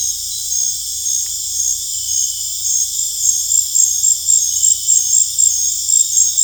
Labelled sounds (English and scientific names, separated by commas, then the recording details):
none
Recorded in dense forest near Puerto Asís, Putumayo, Colombia, on 18 December 2024 at 19:30
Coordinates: 0.484, -76.325
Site G056